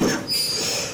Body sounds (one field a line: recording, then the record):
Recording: coughing mixed with background sound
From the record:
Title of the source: Spring Cold Coughing 3